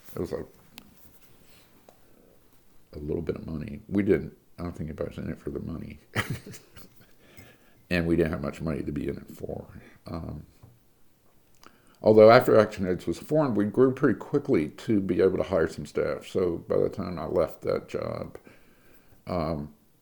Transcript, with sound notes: It was a little bit of money. I don't think anybody was in it for the money. [laughter] And we didn't have much money to be in it for. Although after ActionAIDS was formed we grew pretty quickly to be able to hire some staff, so, by the time I left that job,